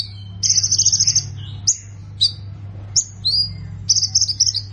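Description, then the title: Plain prinia song: short buzzy trills and sharp downslurred chirps in quick bursts, a low hum throughout. "Ciblek Sawah"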